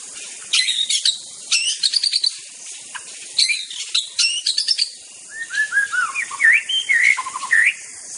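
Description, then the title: White-rumped shama mixing harsh chattering bursts with clear whistled phrases that wander up and down, over a persistent high insect drone. Forest. "Suara burung murai batu hutan"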